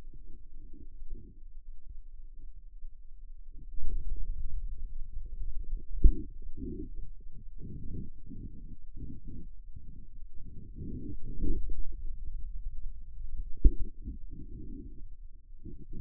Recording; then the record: forearm muscle sounds (acoustic myography)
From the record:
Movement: inward rotation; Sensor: system 2, bracelet of six BSWA MPA416 microphones around the upper forearm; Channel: 6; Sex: male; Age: 22 years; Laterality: right